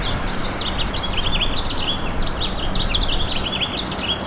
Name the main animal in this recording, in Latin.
Haemorhous mexicanus